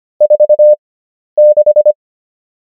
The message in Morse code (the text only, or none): 46